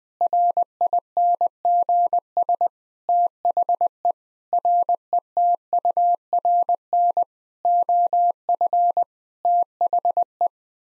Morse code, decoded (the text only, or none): RINGS THE RETURN OF THE